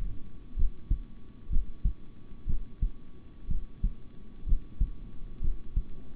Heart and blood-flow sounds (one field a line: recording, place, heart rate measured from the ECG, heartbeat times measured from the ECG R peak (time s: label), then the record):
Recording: heart sounds by stethoscope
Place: between the tricuspid and mitral areas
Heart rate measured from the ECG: 62 bpm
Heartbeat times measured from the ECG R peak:
0.55 s: heartbeat
1.49 s: heartbeat
2.46 s: heartbeat
3.47 s: heartbeat
4.45 s: heartbeat
5.41 s: heartbeat
From the record:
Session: rest, sitting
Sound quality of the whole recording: good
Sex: male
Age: 26 years